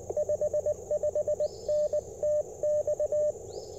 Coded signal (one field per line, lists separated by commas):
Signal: Morse code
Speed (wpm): 21 wpm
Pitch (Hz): 590 Hz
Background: radio noise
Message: 55N TX